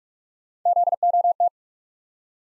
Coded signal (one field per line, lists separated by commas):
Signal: Morse code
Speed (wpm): 44 wpm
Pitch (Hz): 700 Hz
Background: none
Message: ZOT